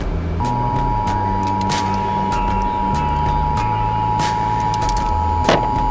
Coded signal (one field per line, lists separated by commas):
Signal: Emergency Alert System (SAME) tones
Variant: 853 and 960 Hz attention tone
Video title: Adding NOAA Weather Radio Alerts to a Repeater - Arcom RC210